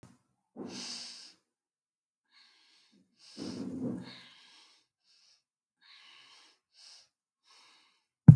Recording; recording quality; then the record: deep breathing; excellent, no background noise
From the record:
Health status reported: healthy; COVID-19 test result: not tested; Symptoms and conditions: none ticked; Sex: female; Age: 38 years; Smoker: not ticked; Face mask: not worn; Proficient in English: yes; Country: India